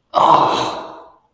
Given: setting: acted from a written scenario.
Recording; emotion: vocal sound without words; pain